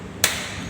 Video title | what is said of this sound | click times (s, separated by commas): Pemeliiharaan Sistem Bahan Bakar Elektronik | Sampai bunyi klik ini | 0.2 s